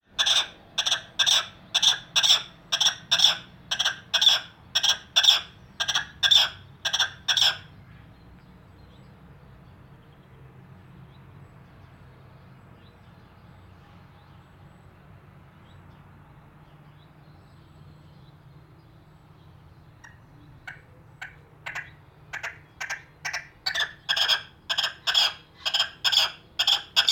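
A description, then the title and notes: A Red-legged Partridge gives rapid, regular bright chuffing calls for about eight seconds, falls silent over a low hum, then resumes near twenty seconds. I suddenly heard a clucking sound on the driveway. Looking for food in the flower beds. I managed to get this short recording during a brief moment when there wasn’t too much traffic on the road. Handheld mkh70 shotgun microphone around 16 feet from the bird to Edirol R4-Pro recorder. Red-legged Partrige. A Red-legged Partridge.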